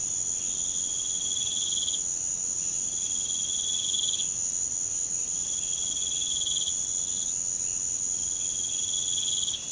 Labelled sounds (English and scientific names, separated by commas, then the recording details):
none
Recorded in pastures near Puerto Asís, Putumayo, Colombia, on 22 June 2025 at 05:00
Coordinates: 0.472, -76.331
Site G095